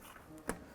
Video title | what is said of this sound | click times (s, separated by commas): How to Replace a Fuel Pump 2005-10 Jeep Grand Cherokee | go ahead and press that lock back into place i want to make sure that is seated all the way though | 0.5 s